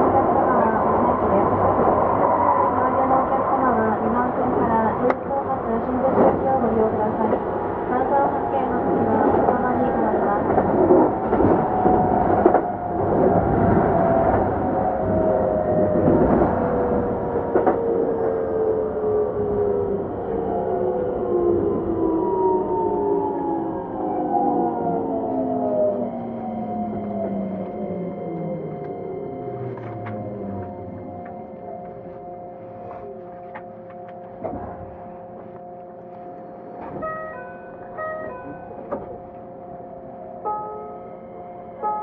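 A Keikyu 2100 series train runs with steady rumbling and clatter as its motor whine glides steadily downward in pitch over about thirty seconds while it slows. Afterward the sound quiets to a low hum with steady tones, and short chime-like beeps come near the end.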